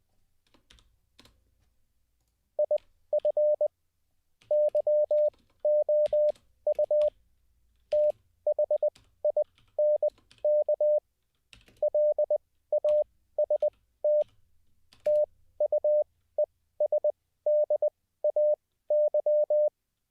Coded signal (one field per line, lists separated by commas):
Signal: Morse code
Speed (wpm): 20 wpm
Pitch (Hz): 600 Hz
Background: none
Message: IF YOU THINK LAST TUESDAY